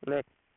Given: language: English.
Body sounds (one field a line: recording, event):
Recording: throat vibration sensor signal played as sound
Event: speech